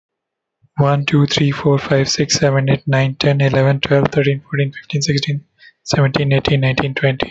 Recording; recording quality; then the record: counting at a fast pace; excellent, no background noise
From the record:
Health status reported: healthy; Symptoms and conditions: none ticked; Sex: male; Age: 27 years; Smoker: not ticked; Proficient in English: yes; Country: India